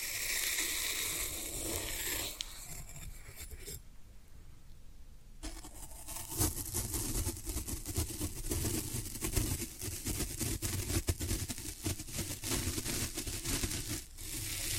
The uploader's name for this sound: Floral Foam Sounds